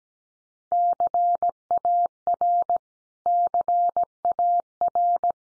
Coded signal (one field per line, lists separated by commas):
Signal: Morse code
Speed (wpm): 17 wpm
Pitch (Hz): 700 Hz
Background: none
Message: CAR CAR